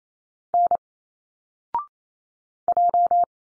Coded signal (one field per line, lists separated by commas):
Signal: Morse code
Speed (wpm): 28 wpm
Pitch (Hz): 700 Hz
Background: none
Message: N J